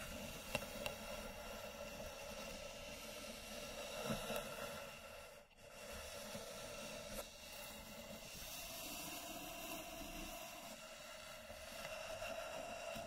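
Slow scratching and tracing across a wooden box makes a continuous, rough, grainy rasp that stays fairly even throughout. A few sharper ticks stand out near the start, around four seconds and again past seven, and the sound briefly drops out at about five and a half seconds.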